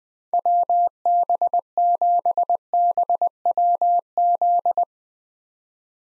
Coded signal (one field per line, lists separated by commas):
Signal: Morse code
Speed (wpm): 20 wpm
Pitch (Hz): 700 Hz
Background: none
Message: WB7BWZ